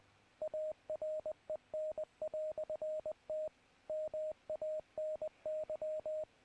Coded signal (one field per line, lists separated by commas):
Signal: Morse code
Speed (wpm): 20 wpm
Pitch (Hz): 620 Hz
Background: radio noise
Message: AREN"T MANY